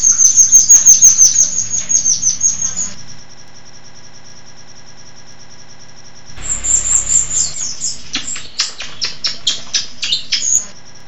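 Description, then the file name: Striated grassbird song: rapid high chirping trills repeated in fast bursts, a pause of silence in the middle, then another run of sharp notes. Recorded as a song used for training other songbirds. "suara burung rio rio isian omkicau"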